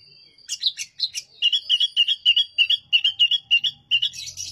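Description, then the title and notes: Oriental magpie-robin song: quick, evenly spaced whistled chirps repeated about four times a second, ending in a denser, higher jumble. Master song for tutoring other birds; the bird is singing vigorously (gacor). "Suara Burung Kacer masteran. burung kacer gacor hebat"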